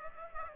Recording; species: mosquito wingbeat signal from an infrared sensor; Aedes aegypti